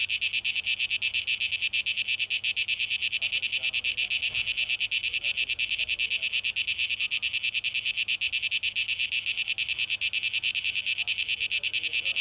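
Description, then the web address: Cicada drone, high and hissing, pulsing quickly and evenly from start to finish with faint soft sounds behind. Tape echo mix; recorded 12 August 2023. "Audio 2023-08-12 Zikaden"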